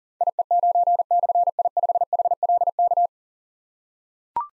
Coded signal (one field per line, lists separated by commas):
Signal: Morse code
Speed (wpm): 42 wpm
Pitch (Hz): 700 Hz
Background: none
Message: IE9/I5HLK